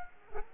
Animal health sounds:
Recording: mosquito wingbeat signal from an infrared sensor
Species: Culex quinquefasciatus

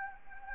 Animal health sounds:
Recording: mosquito wingbeat signal from an infrared sensor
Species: Anopheles gambiae

